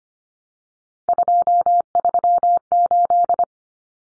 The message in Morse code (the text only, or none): 238